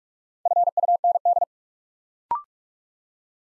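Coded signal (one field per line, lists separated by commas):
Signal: Morse code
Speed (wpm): 44 wpm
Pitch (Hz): 700 Hz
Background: none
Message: FUND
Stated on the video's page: 45 wpm Morse practice building four-letter words one letter at a time, for instant character recognition.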